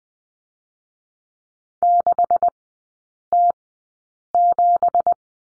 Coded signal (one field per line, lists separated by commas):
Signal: Morse code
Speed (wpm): 19 wpm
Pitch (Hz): 700 Hz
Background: none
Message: 6T7